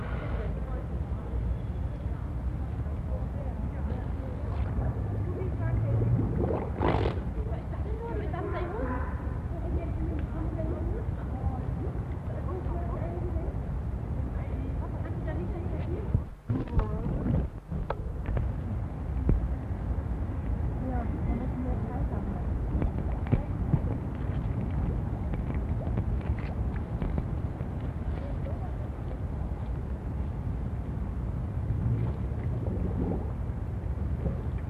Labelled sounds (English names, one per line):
Harbor Seal